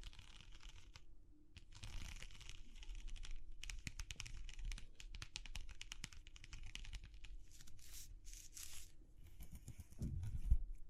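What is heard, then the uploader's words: ASMR texture sounds: rapid tapping and scratching with crisp, bright clicks that come in quick bursts across the clip, like fingernails on a hard, crinkly surface. A soft low rumble runs underneath, and a louder thump lands near the ten-second mark. ASMR Exploring Textures (No Talking).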